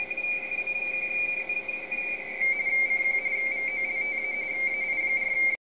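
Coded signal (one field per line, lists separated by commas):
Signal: RTTY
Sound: rapid warbling between two close high-pitched tones, continuous for about five seconds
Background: radio static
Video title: RTTY decoding with the IC-7000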